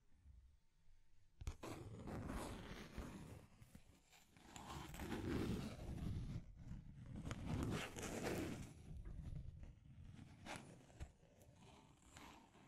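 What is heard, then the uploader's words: Deep scratching starts abruptly after about a second and a half of near silence with a faint steady tone. Rough, gravelly scraping follows, swelling into heavier, denser passes around five and eight seconds, with sharper bright scratches scattered throughout before easing toward the end. Deep Scratching. (No Talking).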